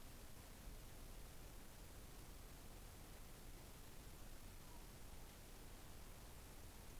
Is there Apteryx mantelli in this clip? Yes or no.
no